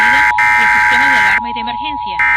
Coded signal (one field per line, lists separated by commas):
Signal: Emergency Alert System (SAME) tones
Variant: header bursts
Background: speech